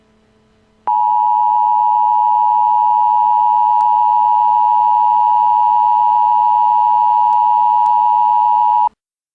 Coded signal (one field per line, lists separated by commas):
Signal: Emergency Alert System (SAME) tones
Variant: 853 and 960 Hz attention tone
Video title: Tornado Warning/Emergency: Raleigh & Cary NC